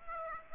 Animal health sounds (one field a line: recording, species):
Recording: mosquito wingbeat signal from an infrared sensor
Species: Aedes aegypti